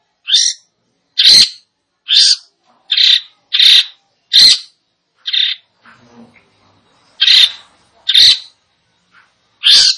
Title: Cendet Gacor